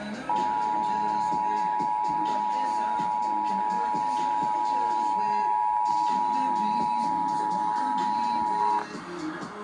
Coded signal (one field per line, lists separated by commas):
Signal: Emergency Alert System (SAME) tones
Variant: 853 and 960 Hz attention tone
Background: speech, music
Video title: Required Monthly Test EAS #162